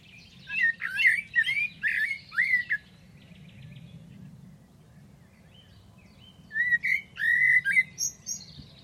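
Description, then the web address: Bird call phrases: two bursts of fast chirping, whistled notes separated by a quiet gap of about four seconds, with a low steady hum. "Deverinetal Bird Only Tu Me Tu Me"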